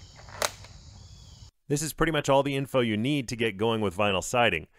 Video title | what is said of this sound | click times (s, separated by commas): How to Install Vinyl Siding Yourself! - Shed Build Part 11 | You make these tabs every 8 inches or so and then push them up until you hear them click into the finish strip. | 0.4 s